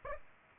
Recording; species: mosquito wingbeat signal from an infrared sensor; Aedes aegypti